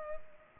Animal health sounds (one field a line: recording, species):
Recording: mosquito wingbeat signal from an infrared sensor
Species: Culex pipiens